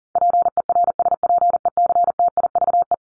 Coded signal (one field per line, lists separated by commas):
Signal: Morse code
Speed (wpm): 40 wpm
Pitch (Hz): 700 Hz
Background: none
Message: PERSPECTIVE